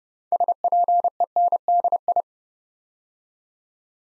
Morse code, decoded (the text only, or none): SPENDI